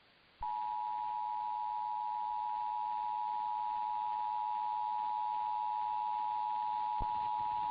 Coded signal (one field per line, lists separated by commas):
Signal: Emergency Alert System (SAME) tones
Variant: 853 and 960 Hz attention tone